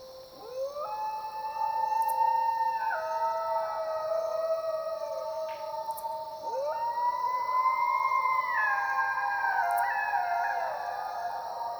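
Dingo chorus, several long howls overlapping, sliding up at each start and shifting pitch in steps, with a constant shrill insect drone behind.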